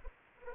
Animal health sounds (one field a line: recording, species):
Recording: mosquito wingbeat signal from an infrared sensor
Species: Anopheles arabiensis